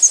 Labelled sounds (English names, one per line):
Pine Warbler flight call